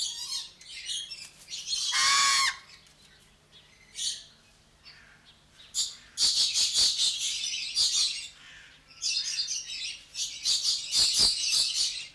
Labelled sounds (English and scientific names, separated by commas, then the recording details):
Coconut Lorikeet (Trichoglossus haematodus)
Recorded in captivity
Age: adult
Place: Zoo Berlin, Berlin, DE
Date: 1993-08-28 10:17
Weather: 12-15°C, heiter
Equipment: Marantz CP 430, Sennheiser MKH 416 T, Kopie Uher Variocord 263
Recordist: Tembrock, Günter